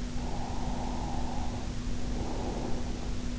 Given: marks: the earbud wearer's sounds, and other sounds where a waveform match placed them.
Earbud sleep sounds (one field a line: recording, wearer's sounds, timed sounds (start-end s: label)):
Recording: sounds in sleep by an in-ear microphone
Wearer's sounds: breath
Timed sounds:
0.23-3.26 s: breath